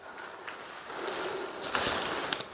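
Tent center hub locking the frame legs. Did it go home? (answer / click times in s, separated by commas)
yes / 2.3 s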